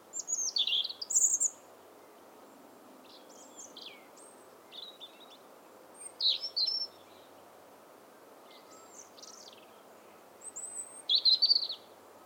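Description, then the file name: European robin singing short bursts of high, tinkling and trilling notes that jump in pitch, each phrase followed by a pause, against a soft constant background hiss. "Erithacus rubecula"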